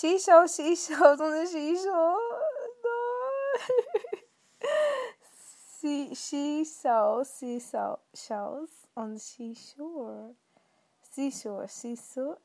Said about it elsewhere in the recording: My lisp is so bad i can t even say she sells sea shells on the sea shore. I hate having a lisp. It's so awful.